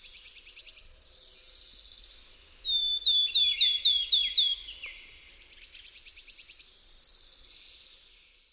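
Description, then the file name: Wood warbler song: high ticking notes speed up into a shivering trill, then a series of descending piping notes, then the accelerating trill again. "SWISTUNKALESNA"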